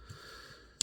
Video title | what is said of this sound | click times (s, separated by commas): Transformers Studio Series Deluxe Double Punch. | snap that back into place | 0.8 s